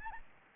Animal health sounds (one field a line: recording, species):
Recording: mosquito wingbeat signal from an infrared sensor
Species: Anopheles gambiae